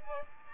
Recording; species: mosquito wingbeat signal from an infrared sensor; Aedes aegypti